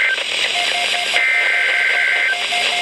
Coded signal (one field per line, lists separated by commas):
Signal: Emergency Alert System (SAME) tones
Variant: header bursts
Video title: Severe Thunderstorm Watch #2 - 09/04/12 (EAS #319)